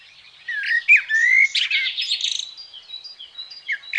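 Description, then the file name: Common blackbird singing: clear fluty whistles rising and falling, then a scratchy, buzzy twittering flourish, followed by soft high notes. "Merel"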